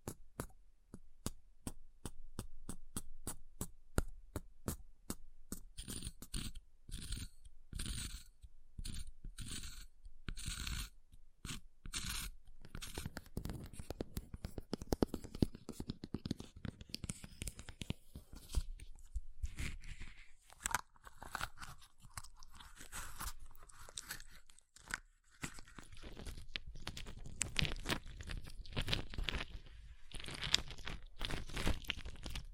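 Ice is tapped in a quick, even rhythm of sharp clicks for the first twelve seconds or so. Then the tapping gives way to dense, gritty scratching and carving, a crunchy scraping that keeps going with only a brief lull near twenty-five seconds.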